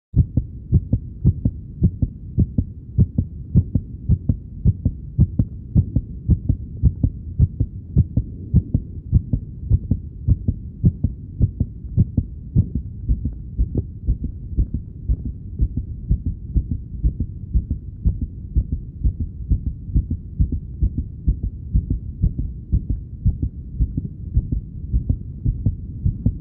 Heart beat fluctuating.